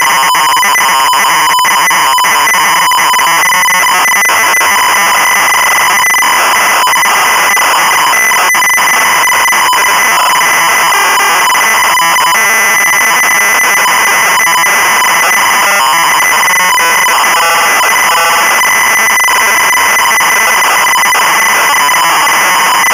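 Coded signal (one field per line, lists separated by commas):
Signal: ZX Spectrum tape loading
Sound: harsh buzzing, screeching data tones that warble rapidly between two pitches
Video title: Frankie Goes to Hollywood (1985) - Sinclair ZX Spectrum (Full Tape Rip / Cassette Load)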